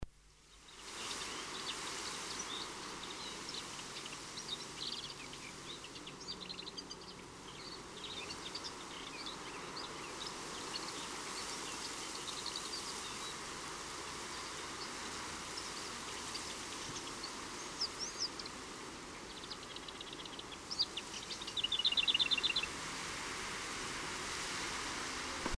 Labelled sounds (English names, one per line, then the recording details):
Lesser Whitethroat song
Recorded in the wild
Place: Kaiserslautern, Rheinland-Pfalz, DE
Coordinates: 49.4247, 7.77889
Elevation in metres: 279
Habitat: garden
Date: 1981-06-10
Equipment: Nagra IV
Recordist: Tretzel, Erwin
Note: Aufnahme Juni 1981, Garten, Kaiserslautern: Gesang